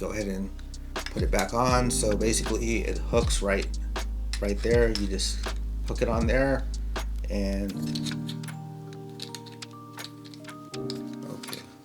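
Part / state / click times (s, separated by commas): camera mounting plate into tripod quick-release clamp / not seated / none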